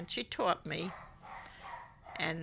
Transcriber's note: a dog barks